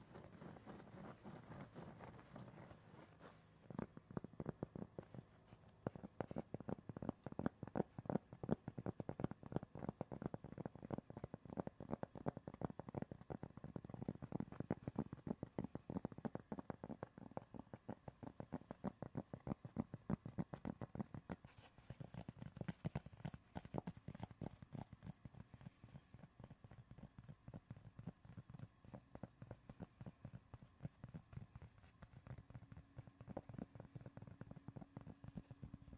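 Rapid tapping and scratching runs almost continuously with dense, uneven clicks and a low rumble, easing slightly around 21 seconds before resuming.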